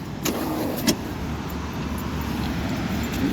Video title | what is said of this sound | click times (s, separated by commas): Електроскутер FADA Oldi 500w в зеленому кольорі | сидіння здвинулось назад і зафіксувалося і | 0.3 s